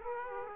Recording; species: mosquito wingbeat signal from an infrared sensor; Aedes aegypti